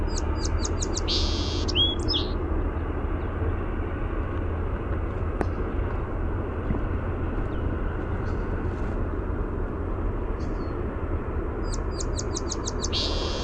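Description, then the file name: Song sparrow song heard twice, each a quick string of repeated high notes ending in a buzz, over constant low rumbling noise. "SOSP song"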